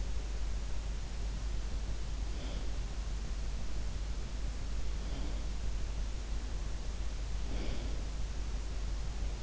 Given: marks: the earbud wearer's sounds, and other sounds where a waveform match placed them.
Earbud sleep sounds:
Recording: sounds in sleep by an in-ear microphone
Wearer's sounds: breath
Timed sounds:
2.31-2.76 s: breath
4.83-5.41 s: breath
7.47-8.13 s: breath

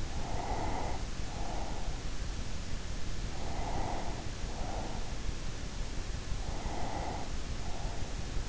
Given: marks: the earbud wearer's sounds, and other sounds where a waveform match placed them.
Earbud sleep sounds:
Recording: sounds in sleep by an in-ear microphone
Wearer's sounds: breath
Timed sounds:
0.00-2.25 s: breath
3.34-5.36 s: breath
6.54-8.45 s: breath

